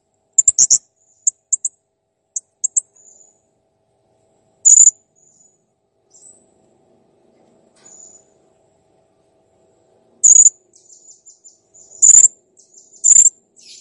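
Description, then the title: Blue-crowned hanging parrot producing quick doubled high ticks, then longer shrill squeaks spaced one to several seconds apart, with soft faint chatter between. Masteran training recording of clear, prolific calling (gacor jernih), used to tutor cage birds. "Masteran Burung Serindit Ll Masteran Serindit Gacor Jernih"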